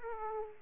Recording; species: mosquito wingbeat signal from an infrared sensor; Aedes aegypti